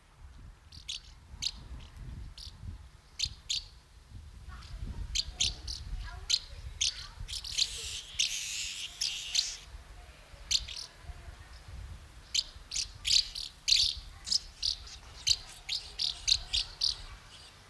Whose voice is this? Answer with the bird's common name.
Common House Martin